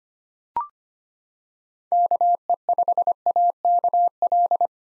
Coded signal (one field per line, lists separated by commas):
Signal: Morse code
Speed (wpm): 25 wpm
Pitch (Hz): 700 Hz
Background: none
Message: KE5AKL